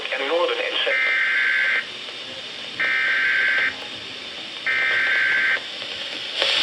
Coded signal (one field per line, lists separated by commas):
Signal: Emergency Alert System (SAME) tones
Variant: header bursts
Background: speech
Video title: [BMH Fail] - NOAA Weather Radio EAS #430: Severe Thunderstorm Warning